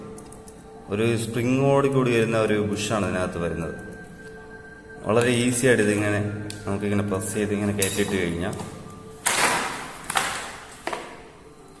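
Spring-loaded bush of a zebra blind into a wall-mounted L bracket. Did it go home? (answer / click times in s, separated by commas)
yes / 9.3 s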